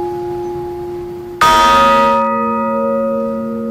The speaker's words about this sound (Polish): Jesteśmy na dzwonnicy. Widzimy dzwony. Możemy je też usłyszeć.